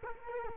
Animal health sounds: mosquito wingbeat signal from an infrared sensor; Culex quinquefasciatus

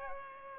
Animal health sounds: mosquito wingbeat signal from an infrared sensor; Culex pipiens

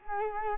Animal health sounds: mosquito wingbeat signal from an infrared sensor; Culex quinquefasciatus

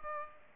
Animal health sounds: mosquito wingbeat signal from an infrared sensor; Culex pipiens

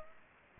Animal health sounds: mosquito wingbeat signal from an infrared sensor; Culex pipiens

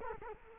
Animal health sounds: mosquito wingbeat signal from an infrared sensor; Culex quinquefasciatus

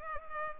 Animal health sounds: mosquito wingbeat signal from an infrared sensor; Culex pipiens

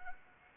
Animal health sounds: mosquito wingbeat signal from an infrared sensor; Anopheles gambiae

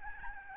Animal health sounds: mosquito wingbeat signal from an infrared sensor; Aedes albopictus

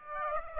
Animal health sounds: mosquito wingbeat signal from an infrared sensor; Aedes aegypti

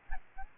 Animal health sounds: mosquito wingbeat signal from an infrared sensor; Aedes aegypti

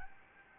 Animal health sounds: mosquito wingbeat signal from an infrared sensor; Anopheles gambiae

